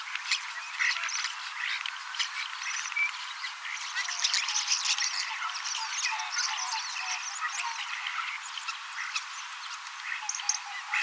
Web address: paivat 18 10 2024 kasittaakseni kottaraisnuoret laulavat lauluharjoittelevat useita lajeja matkivat hiukan